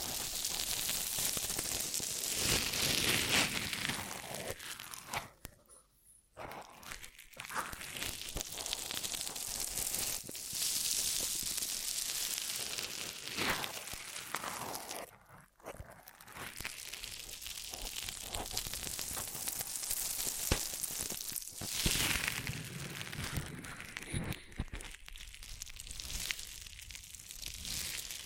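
Ear massage triggers: dense, close rustling and crinkling rubs with soft crackles, mostly bright and hissy, swelling and easing in uneven strokes. Brief near-silent pauses break the sound around 6, 15 and 25 seconds before the rubbing resumes.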